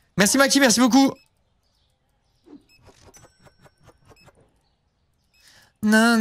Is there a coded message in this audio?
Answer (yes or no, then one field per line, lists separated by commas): no